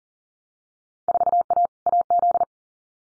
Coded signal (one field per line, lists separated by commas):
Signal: Morse code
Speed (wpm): 42 wpm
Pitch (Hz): 700 Hz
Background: none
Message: 4A AZ